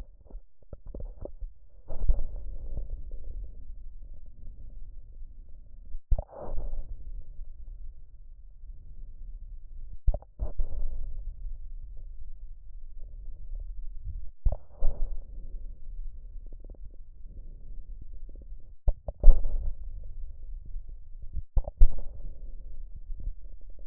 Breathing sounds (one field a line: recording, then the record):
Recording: lung sounds by stethoscope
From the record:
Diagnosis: emphysema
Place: left posterior upper chest